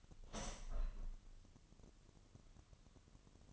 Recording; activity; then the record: daily activity, microphone in the room; open window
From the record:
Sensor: 4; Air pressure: 1005.7 hPa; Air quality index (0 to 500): 93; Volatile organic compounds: 2 ppm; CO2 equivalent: 1152 ppm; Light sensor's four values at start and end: 10/24/9/8 and 10/24/9/8